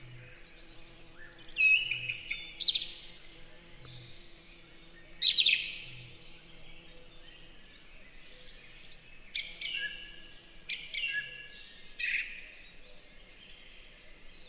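A song thrush sings short, bright repeated phrases in bursts over about fourteen seconds, with a steady low hum underneath and faint thumps.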